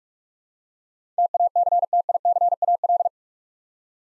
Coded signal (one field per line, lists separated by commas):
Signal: Morse code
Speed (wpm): 44 wpm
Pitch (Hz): 700 Hz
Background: none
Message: TACTICAL